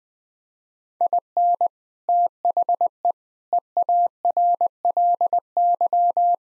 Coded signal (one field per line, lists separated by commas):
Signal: Morse code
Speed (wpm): 21 wpm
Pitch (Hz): 700 Hz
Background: none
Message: IN THE EARLY